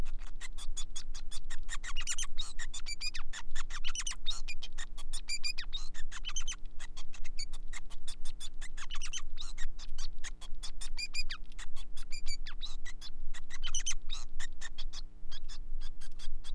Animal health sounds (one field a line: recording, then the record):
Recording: song of a male Bengalese finch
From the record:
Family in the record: son of father 5